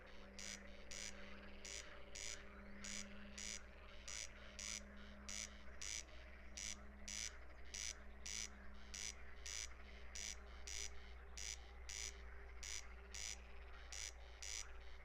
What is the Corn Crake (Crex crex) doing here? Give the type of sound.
song